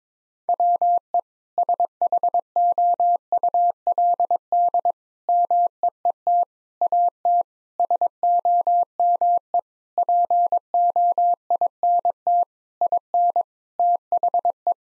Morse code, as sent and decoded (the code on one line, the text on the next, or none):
.-- . / ... .... --- ..- .-.. -.. / -- . . - / .- - / ... --- -- . / .--. --- .. -. - / .. -. / - .... .
WE SHOULD MEET AT SOME POINT IN THE